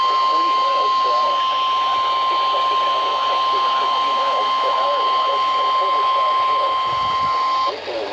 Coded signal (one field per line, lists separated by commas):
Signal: Emergency Alert System (SAME) tones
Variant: 1050 Hz attention tone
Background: speech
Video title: Today's Prize Is Storms| EAS Alerts From 5/27/2021 (EAS #540-586)